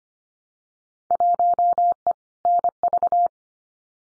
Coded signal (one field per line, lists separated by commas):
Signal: Morse code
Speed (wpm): 25 wpm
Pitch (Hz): 700 Hz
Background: none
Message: 1E NV